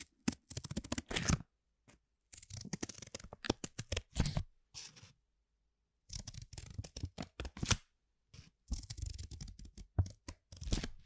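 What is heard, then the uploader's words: A household object is handled in quick bursts of papery, shuffling clatter, like cards being riffled or something scraped by hand. The bursts come in clusters of rapid sharp ticks lasting one to two seconds, separated by complete silences. The sound is bright and crisp. 13 different triggers with simple things but big sounds that I find around the house.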